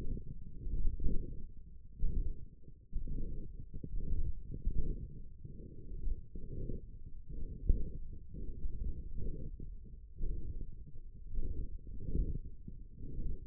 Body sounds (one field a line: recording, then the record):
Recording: forearm muscle sounds (acoustic myography)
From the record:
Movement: radial deviation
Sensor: system 1, eight BSWA MPA416 microphones around the upper forearm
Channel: 7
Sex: male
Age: 28 years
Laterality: right